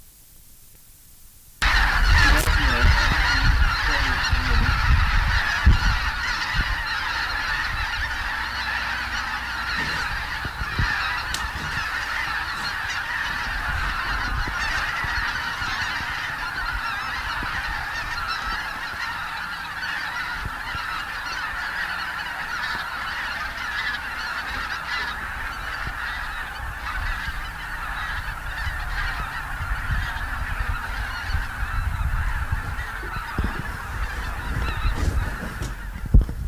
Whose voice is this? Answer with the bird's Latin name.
Anser fabalis